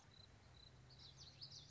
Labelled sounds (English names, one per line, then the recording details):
Common Yellowthroat
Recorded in Sonoma County, California